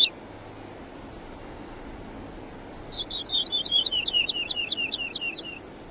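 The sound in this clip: Woodlark song: soft high notes build into a fast series of repeated descending notes, loudest in the second half and fading slightly at the end.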